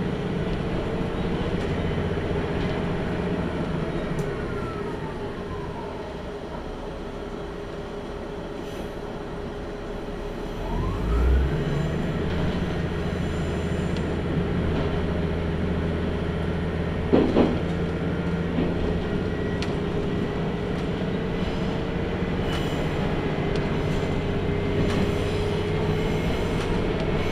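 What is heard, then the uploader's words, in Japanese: Inside a Tenryu Hamanako Railway train, a steady low rumble and hum continues, with a brief dip and engine swell near eleven seconds. 天竜浜名湖鉄道 天竜二俣→森町病院前→遠江一宮。天竜二俣でかなり降りて空いた車内。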